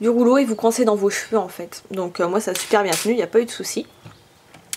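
A plastic clip is pressed over the middle of a heated hair roller while someone talks, and it seats with a sharp snap at 4.7 seconds. A faint tick at 4.5 seconds precedes the snap.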